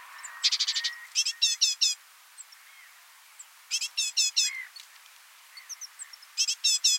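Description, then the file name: Great tit harsh chattering: a buzzy note, then several four-note rasping bursts spaced a few seconds apart, with faint high ticks. "Parus major"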